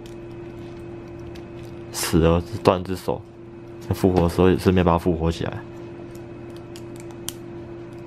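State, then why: Seated. Someone talks while a plastic accessory part is gently pressed onto an action figure, with a steady low hum underneath. After the talking stops, a few faint ticks come before a sharp snap at 7.3 s as the part seats onto the figure.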